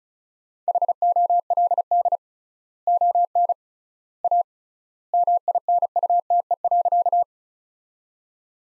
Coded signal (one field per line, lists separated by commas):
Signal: Morse code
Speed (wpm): 34 wpm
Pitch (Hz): 700 Hz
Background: none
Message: HOLD ON A MINUTE.